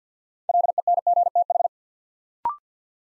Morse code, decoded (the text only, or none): LENGTH